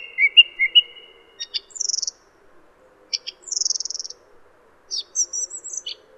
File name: suara kicauan burung song thrush. omkicau